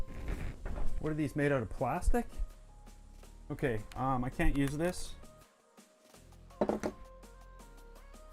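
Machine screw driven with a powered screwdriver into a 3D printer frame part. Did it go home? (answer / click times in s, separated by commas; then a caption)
no / 6.6 s, 6.7 s, 6.8 s. A steel machine screw is driven with a powered screwdriver into a printed frame part of a Voron 2.4 3D printer while someone talks. The bit slips in the screw head with a short burst of sharp clicks at 6.6, 6.7 and 6.8 seconds. The screw head strips, blamed on the poor quality of the screws.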